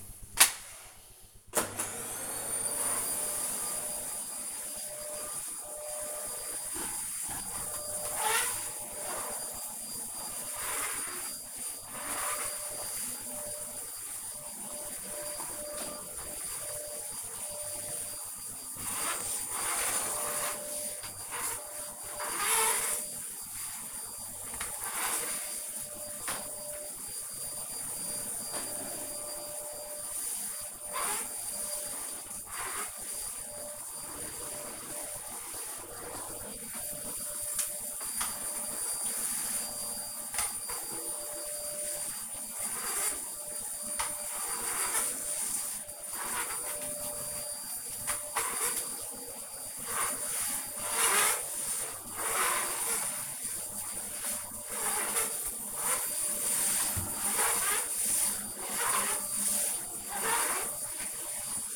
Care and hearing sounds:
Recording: household activities, microphone on the right wrist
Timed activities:
0.97-61.76 s: vacuum cleaning

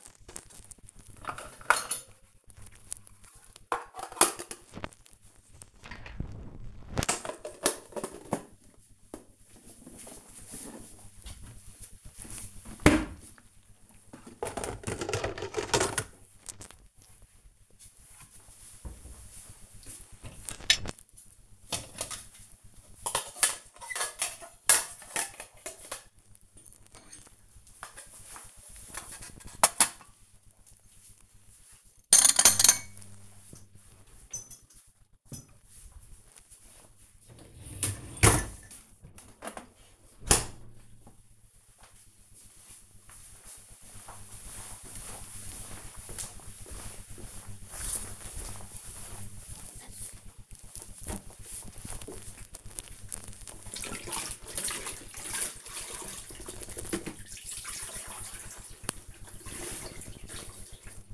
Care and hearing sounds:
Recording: household activities, microphone on the right wrist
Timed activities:
0.00-39.51 s: cleaning out the dishwasher
49.55-61.14 s: floor cleaning

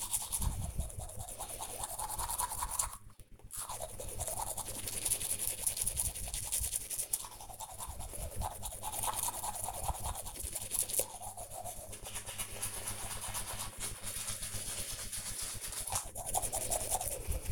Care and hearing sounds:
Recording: household activities, microphone on the right wrist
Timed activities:
0.00-17.52 s: brushing teeth

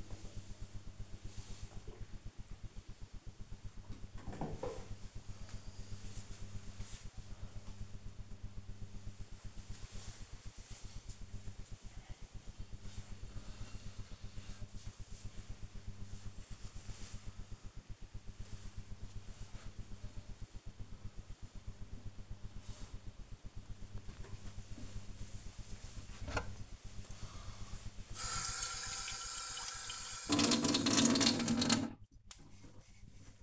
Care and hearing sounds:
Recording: household activities, microphone on the right wrist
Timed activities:
0.00-3.19 s: drinking
23.30-33.43 s: washing dishes

